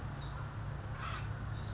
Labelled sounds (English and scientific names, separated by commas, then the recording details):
Acorn Woodpecker (Melanerpes formicivorus)
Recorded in Sonoma County, California